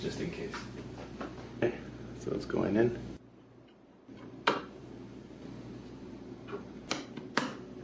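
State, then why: Seated. A Crucial DDR4 2666MHz CL19 16GB desktop memory stick (CT2K16G4DFRA266, 32GB 2x16GB kit) is pressed down into a motherboard DIMM slot until the plastic retention clips lock. Someone talks, then two sharp clicks sound at about 6.9 s and 7.4 s as the module snaps in and seats.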